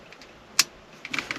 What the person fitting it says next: Make sure you hear the click.